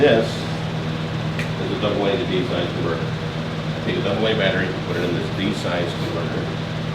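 An AA battery is handled beside a plastic AA-to-D size converter shell while someone talks over a steady low hum. The battery has not yet been snapped into the converter, so nothing has seated or clicked yet.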